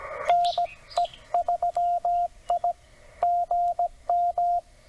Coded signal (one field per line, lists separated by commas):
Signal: Morse code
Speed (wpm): 17 wpm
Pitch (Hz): 700 Hz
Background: radio noise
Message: NE3I GM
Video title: CW POTA Activation. 18 May 2025, US-2969 Port Royal State Park TN